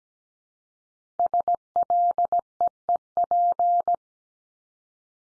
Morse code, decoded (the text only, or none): SLEEP